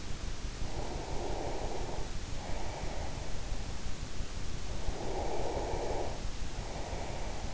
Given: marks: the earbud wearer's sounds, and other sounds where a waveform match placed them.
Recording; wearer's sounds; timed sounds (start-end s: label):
sounds in sleep by an in-ear microphone; breath
0.81-3.37 s: breath
4.81-7.54 s: breath